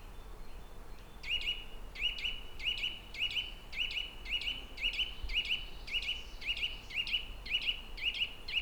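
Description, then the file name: Eurasian nuthatch calling a steady run of bright, ringing notes, about two per second, after a quiet opening second. "Sitta europaea"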